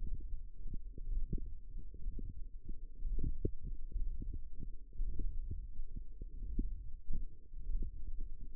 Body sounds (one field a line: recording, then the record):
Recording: forearm muscle sounds (acoustic myography)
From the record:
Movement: hook grip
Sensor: system 1, eight BSWA MPA416 microphones around the upper forearm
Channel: 8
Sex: female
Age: 21 years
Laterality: right